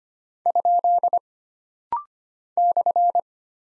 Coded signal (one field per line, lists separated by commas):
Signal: Morse code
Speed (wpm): 25 wpm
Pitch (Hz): 700 Hz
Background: none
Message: ? /